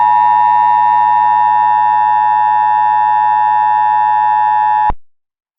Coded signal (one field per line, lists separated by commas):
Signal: Emergency Alert System (SAME) tones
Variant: 853 and 960 Hz attention tone